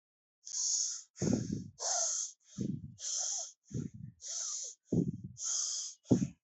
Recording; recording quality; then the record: shallow breathing; excellent, no background noise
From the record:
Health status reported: healthy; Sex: female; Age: 33 years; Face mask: worn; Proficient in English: yes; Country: India